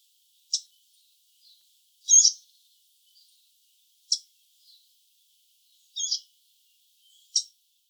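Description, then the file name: Eurasian blackcap calls: brief, sharp, high-pitched notes, about one every second or two, alternating louder and fainter, in an otherwise quiet background. "Sylvia atricapilla"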